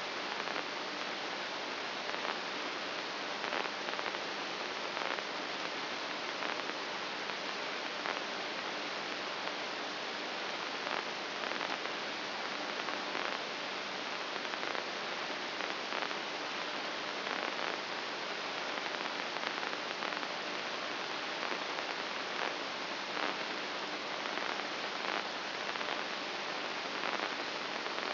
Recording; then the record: brain microelectrode recording played as sound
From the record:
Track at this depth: outside the subthalamic nucleus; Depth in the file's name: 2.337 mm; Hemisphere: left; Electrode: 2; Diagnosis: Parkinson's disease